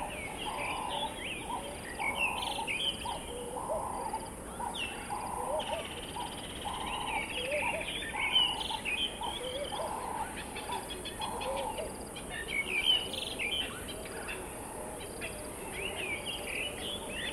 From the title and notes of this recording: Durational audio recording of the sound environment around a dry stretch of the Limpopo River in South Africa at the beginning of the rainy season. The recording begins just before dusk and continues through late morning.